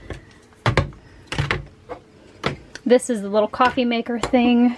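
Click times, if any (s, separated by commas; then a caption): 0.7 s, 1.3 s. Snap-on lids are pressed down onto kitchen food or spice storage containers, making sharp snaps at 0.7 s and 1.3 s, with more short knocks around them. The lids seat shut tight, and afterward someone talks.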